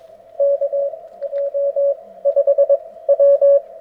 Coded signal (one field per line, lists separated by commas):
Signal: Morse code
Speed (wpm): 22 wpm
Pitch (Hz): 580 Hz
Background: radio noise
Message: KJ5W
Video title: POTA at Long Pond Part 1: Thursday Night